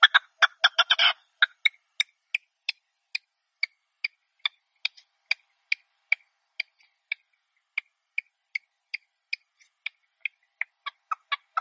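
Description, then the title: Partridge opening with a harsh rattling burst, followed by a steady string of thin clipped notes. Partridge call used as a hunting lure. "Canto de Perdiz. Reclamo de Perdiz"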